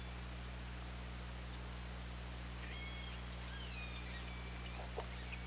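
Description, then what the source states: Orca calls: two clear tonal calls in the second half, one stepped and one gliding downward with harmonics, followed by a click, over steady hum and hiss. OrcaLab hydrophone, 24 August 2017, 20:39.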